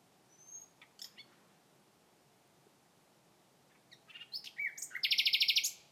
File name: Nachtigall Gesang